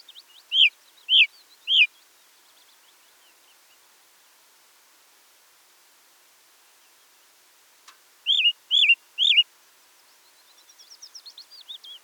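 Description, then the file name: Ring ouzel singing two sets of three loud wavering notes separated by a long pause, then softer twittering at the end. "Beflijster Turdus torquatus"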